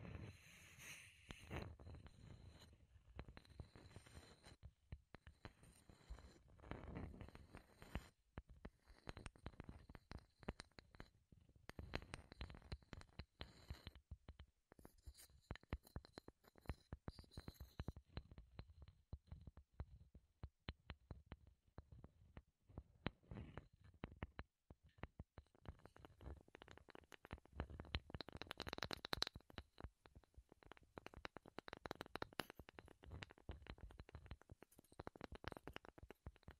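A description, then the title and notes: Wood tapping and scratching sounds come in dense, uneven bursts of clicks and knocks throughout. The activity swells in clusters, heaviest near the start and again around the 27–30 second mark, with brief quieter gaps between, over a low rumbling undertone. ASMR Wood Triggers in Your Ears (No Talking).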